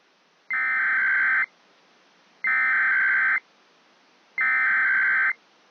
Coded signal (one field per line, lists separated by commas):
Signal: Emergency Alert System (SAME) tones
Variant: header bursts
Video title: [EAS RECREATION COMP] - 35 Minutes worth of Required Monthly Tests